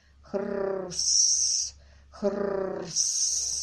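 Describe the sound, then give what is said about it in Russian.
Two full breaths of a dead man's heavy snoring, played back on a portable Iris tape recorder, each a low, buzzing rattle on the inhale followed by a long airy hiss on the exhale, in a slow, even rhythm and fairly loud. “Квиллер ударил по красной кнопке и выключил храп покойного.”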